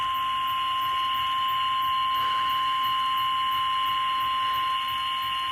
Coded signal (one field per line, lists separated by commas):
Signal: Emergency Alert System (SAME) tones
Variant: 1050 Hz attention tone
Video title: Another SVR On 107.9 FM EAS #350